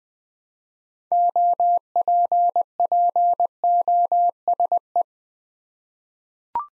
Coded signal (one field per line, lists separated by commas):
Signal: Morse code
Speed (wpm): 20 wpm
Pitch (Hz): 700 Hz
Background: none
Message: OPPOSE